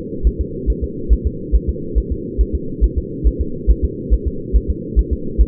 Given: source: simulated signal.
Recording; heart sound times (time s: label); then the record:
fetal heart sounds
0.27 s: S1
0.41 s: S2
0.70 s: S1
0.84 s: S2
1.13 s: S1
1.27 s: S2
1.55 s: S1
1.69 s: S2
1.98 s: S1
2.12 s: S2
2.41 s: S1
2.55 s: S2
2.84 s: S1
2.98 s: S2
3.27 s: S1
3.41 s: S2
3.70 s: S1
3.84 s: S2
4.13 s: S1
4.28 s: S2
4.56 s: S1
4.70 s: S2
4.99 s: S1
5.13 s: S2
5.41 s: S1
From the record:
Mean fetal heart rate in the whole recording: 140 bpm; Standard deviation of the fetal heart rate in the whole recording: 2 bpm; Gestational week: 34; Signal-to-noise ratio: -4.3 dB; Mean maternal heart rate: 72 bpm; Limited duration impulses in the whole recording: absent